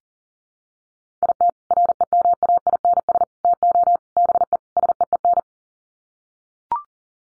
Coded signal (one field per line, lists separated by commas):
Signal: Morse code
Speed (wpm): 40 wpm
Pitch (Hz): 700 Hz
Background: none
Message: IT REMAINS TO BE SEEN